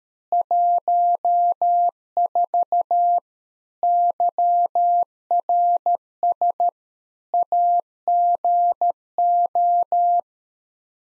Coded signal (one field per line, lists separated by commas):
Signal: Morse code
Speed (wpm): 13 wpm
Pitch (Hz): 700 Hz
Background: none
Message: 14 YRS AGO